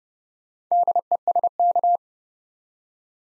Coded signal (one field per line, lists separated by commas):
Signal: Morse code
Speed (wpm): 28 wpm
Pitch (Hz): 700 Hz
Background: none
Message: DESK